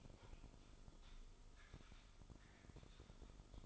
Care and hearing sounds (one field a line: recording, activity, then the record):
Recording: daily activity, microphone in the room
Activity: typing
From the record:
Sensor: 5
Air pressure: 988.8 hPa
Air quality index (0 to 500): 235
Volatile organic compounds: 193 ppm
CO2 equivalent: 4189 ppm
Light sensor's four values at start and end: 39/124/48/51 and 39/124/48/51